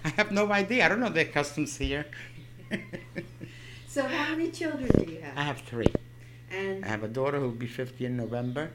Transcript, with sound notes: "I have no idea. I don't know their customs here." ( she laughs )
So how many children do you have?
I have three. I have a daughter who will be fifty in November.